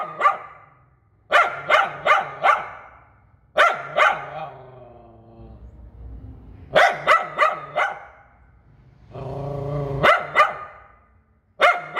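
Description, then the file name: Poodle yapping in fast runs of several barks, with a whining, tonal sound between some runs. "Tieng cho poodle sua"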